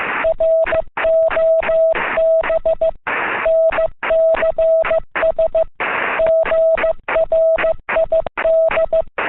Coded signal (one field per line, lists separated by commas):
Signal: Morse code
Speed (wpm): 15 wpm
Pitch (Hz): 650 Hz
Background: none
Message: ROB NCS GRID